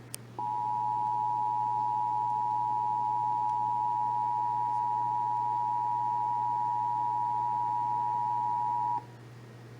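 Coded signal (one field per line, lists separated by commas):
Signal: Emergency Alert System (SAME) tones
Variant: 853 and 960 Hz attention tone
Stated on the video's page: Severe Thunderstorm Warning for Tarrant County received on WBAP-AM radio and KTXD-TV.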